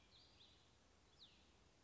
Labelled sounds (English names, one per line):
Cassin's Vireo